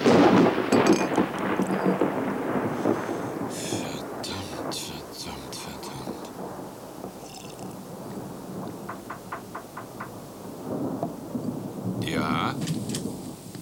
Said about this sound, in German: Es ist also durchaus erforderlich, dass nun ein kräftiges Gewitter losbricht.